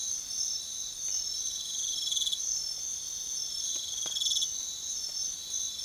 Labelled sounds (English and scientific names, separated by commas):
none